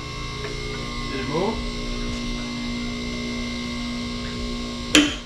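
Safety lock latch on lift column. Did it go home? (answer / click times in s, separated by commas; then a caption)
partly / 4.9 s. Someone talks over a steady electrical hum as a car lift carriage is lowered onto the steel safety lock latch on its lift column. A sharp click sounds at 5.0 seconds, but it is too faint to be sure the lock engaged, so the lift is to be moved a little more.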